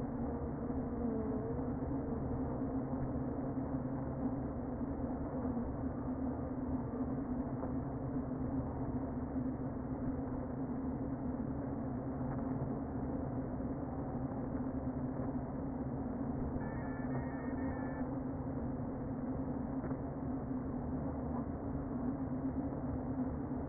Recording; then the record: honeybee colony, microphone inside the hive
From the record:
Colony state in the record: queen present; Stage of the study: before two queens were removed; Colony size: about 60,000 bees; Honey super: yes